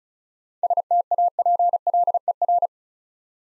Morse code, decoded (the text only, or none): STAPLER